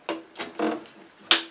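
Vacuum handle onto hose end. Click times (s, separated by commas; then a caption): 1.3 s. A plastic handle is pushed onto the end of the hose of a Miele Blizzard CX1 Comfort Powerline bagless vacuum cleaner. A few softer plastic knocks and scrapes come first, starting near 0.1 s. A sharp click at 1.3 s marks the handle locking into place on the hose.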